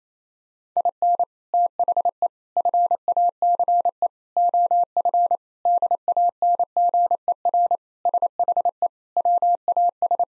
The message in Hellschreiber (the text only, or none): none